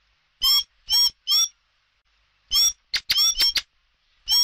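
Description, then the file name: Common blackbird calls: short harsh squeaky notes, three in a row, then a rapid cluster after a pause. "Tieng chim hoet den keu"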